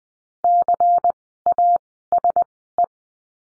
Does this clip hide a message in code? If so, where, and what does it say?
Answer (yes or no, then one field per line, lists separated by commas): yes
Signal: Morse code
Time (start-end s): 0.4-2.8 s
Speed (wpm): 20 wpm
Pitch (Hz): 700 Hz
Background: none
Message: CASE